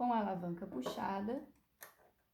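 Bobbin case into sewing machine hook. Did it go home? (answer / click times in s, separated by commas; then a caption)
yes / 1.8 s. A metal bobbin case, with its small latch lever pulled open, is pushed onto a sewing machine's hook shaft while someone talks. A short click at 1.8 s marks it snapping into place. The lever is then released and the case is seated.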